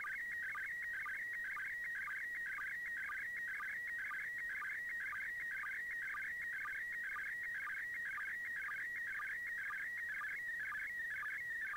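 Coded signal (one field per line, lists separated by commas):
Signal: SSTV (slow-scan television)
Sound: warbling, chirping tone scanning image lines with a regular low sync blip about twice a second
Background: radio static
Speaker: I'm gonna play a play basically a sound from that I captured from the ISS pass over doing that slow scan TV and I've got the mm SS TV software runnin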